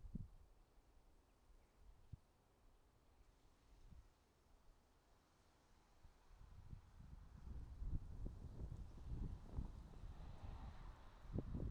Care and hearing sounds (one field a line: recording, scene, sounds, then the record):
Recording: everyday scene through a hearing-aid microphone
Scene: wind on the microphone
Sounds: wind, traffic, birds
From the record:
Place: suburban garden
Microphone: in the ear canal, right